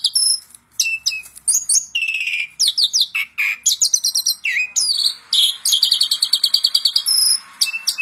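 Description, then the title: Asian pied starling song with scattered chips, slurred whistles and creaky notes building into a long, fast, buzzy trill before closing with short notes. Masteran (tutor) recording for songbirds, meant to fix birds that sing too little and are listless. "Masteran Jalak Suren Atasi Burung KURANG GACOR Dan LOYO"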